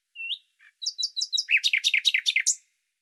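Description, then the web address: Bird song beginning with a thin rising whistle, then a run of chirps turning into fast rolling, swooping notes. "Deverinetal 2025"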